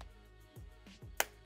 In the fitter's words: you heard that snap so it fits when you trying to get it off